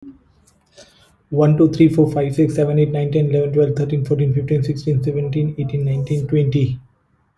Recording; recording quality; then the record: counting at a fast pace; excellent, no background noise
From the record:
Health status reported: healthy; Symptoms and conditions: none ticked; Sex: male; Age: 32 years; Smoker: not ticked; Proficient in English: yes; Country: India